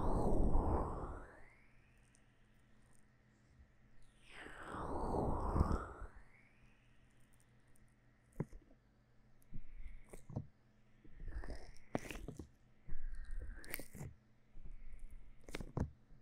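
Sticky aloe gel is worked over the ear in a massage, opening with two long, rumbling swells of rubbing near the start and around five seconds. After that come sharp wet clicks and squelches, scattered irregularly, over a faint steady low hum.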